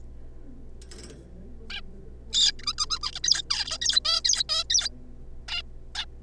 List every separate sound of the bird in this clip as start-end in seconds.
1.70-1.81, 2.33-2.52, 2.59-2.66, 2.67-2.75, 2.78-2.85, 2.90-2.99, 3.03-3.11, 3.15-3.19, 3.24-3.42, 3.50-3.77, 3.82-4.00, 4.05-4.21, 4.25-4.44, 4.49-4.63, 4.70-4.89, 5.48-5.62, 5.95-6.05